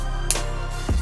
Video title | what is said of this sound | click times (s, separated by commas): What's next for gel Blasters in 2022? ( AAP01 REVIEW ) | you heard that click now it's on full auto | 0.3 s